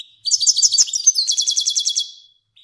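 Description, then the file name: Finch song: one short, dense burst of fast, high, rhythmic trilled notes lasting about two seconds, then quiet. Kermani finch. "sound finch kermani long"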